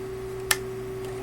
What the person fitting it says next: Snaps right into place.